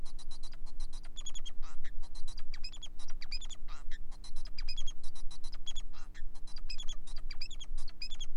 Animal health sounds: song of a male Bengalese finch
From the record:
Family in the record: son of father 4

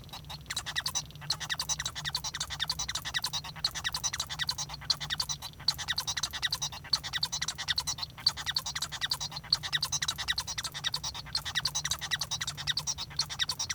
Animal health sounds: song of a male Bengalese finch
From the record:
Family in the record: son of father 1

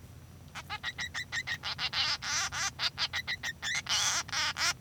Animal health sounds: song of a male Bengalese finch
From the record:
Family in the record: son of father 3

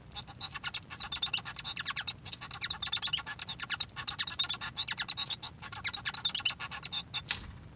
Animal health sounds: song of a male Bengalese finch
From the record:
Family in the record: son of father 1

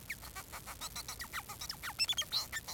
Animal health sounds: song of a male Bengalese finch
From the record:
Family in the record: son of father 4

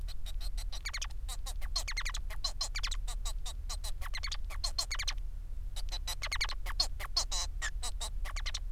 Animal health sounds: song of a male Bengalese finch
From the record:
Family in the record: son of father 4

